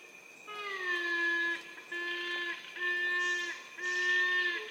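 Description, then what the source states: Yellow-casqued hornbill giving long, steady, nasal wailing notes, four drawn-out calls in under five seconds, with a faint steady high tone behind. Several birds singing together.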